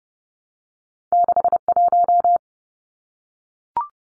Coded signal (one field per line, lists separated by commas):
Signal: Morse code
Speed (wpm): 30 wpm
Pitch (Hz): 700 Hz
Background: none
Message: 61